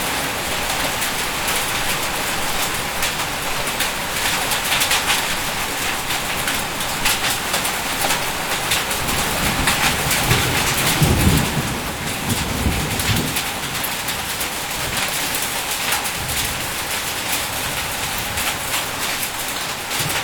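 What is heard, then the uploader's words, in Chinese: Heavy rain and hail pour steadily onto a roof, a dense, bright hiss full of fine rapid patter. Around eleven to thirteen seconds a low rumble of thunder swells beneath it and fades. The downpour stays constant throughout. 冰雹：暴雨、雷电、屋顶。澳大利亚悉尼。Sound Collector: 林恩。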